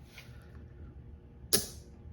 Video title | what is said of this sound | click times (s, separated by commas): Headlight Washer Spray Nozzle Replacement 991 Porsche 911 Carrera S 991.2 C2S DIY Maintenance | you hear it click you pull back | 1.6 s